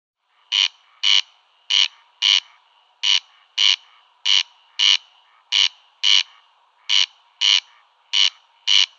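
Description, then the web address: Corn crake display: a long run of seven pairs of grating notes, crex-crex, repeated in a steady rhythm with no other sounds. "Schulze Peter Corn Crake display"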